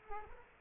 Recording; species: mosquito wingbeat signal from an infrared sensor; Culex quinquefasciatus